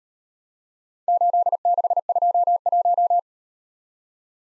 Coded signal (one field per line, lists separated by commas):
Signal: Morse code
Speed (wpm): 37 wpm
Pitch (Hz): 700 Hz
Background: none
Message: 8621